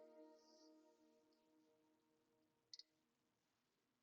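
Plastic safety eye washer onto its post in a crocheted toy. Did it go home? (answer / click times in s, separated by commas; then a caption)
yes / 2.7 s. A plastic safety eye backing washer is pressed onto its post in a crocheted amigurumi octopus while soft music plays in the background. A sharp little click sounds at 2.7 seconds, with a fainter echo-like tick right after at 2.8 seconds. The washer seats on the post.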